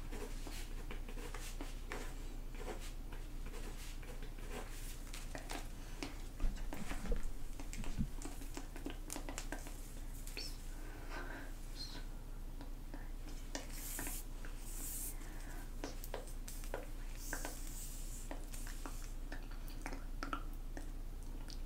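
Soft, indistinct whispering comes and goes over a steady low hum, with brighter breathy bursts around fourteen and seventeen seconds. Scattered small clicks and taps run throughout, and a dull knock lands near the seven-second mark.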